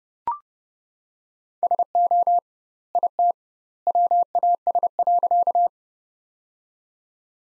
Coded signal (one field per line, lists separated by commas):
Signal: Morse code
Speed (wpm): 30 wpm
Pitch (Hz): 700 Hz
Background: none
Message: SO IT WAS.